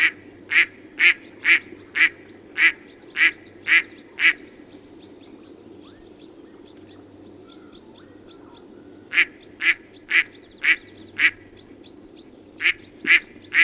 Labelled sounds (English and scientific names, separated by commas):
Mallard (Anas platyrhynchos) call